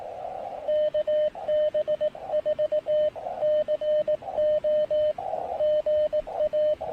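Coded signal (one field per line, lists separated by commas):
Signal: Morse code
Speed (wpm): 18 wpm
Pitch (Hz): 610 Hz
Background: radio noise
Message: KB4CO GA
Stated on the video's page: POTA activation on CW at 3 watts QRP, using an MTR-3B transceiver with an end-fed half-wave antenna in Pisgah National Forest.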